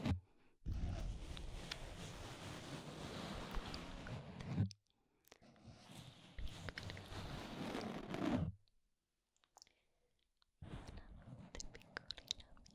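An ear massage: dense rubbing and scratchy crunching runs from about half a second to nearly five seconds, pauses, returns until about eight and a half seconds, then resumes near eleven seconds. The rubbing is fairly steady, with a few sharper clicks and small scrapes between.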